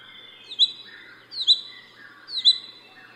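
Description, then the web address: Crested goshawk uttering three shrill rising-then-falling notes about 0.9 seconds apart, while a softer, lower-pitched bird call sounds between them. At Yushan. "鳳頭蒼鷹 Yushan"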